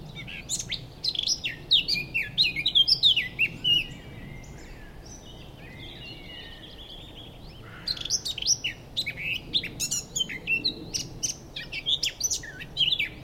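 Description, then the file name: Eurasian blackcap delivering fast, scratchy warbling phrases, a chattering burst at the start, a quiet gap midway, then a second lively burst of high notes. "Sylvia atricapilla"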